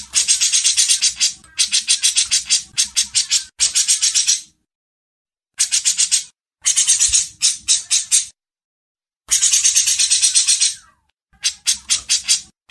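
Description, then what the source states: Brown-cheeked bulbul chattering in repeated harsh rattling bursts, each a quick run of scratchy notes, spaced by brief pauses. Masteran training audio.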